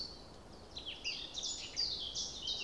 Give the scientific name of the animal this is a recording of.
Sylvia atricapilla